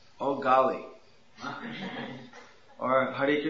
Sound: devotees laughing

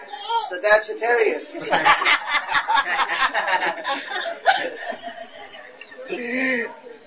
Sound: laugh

